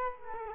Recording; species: mosquito wingbeat signal from an infrared sensor; Culex quinquefasciatus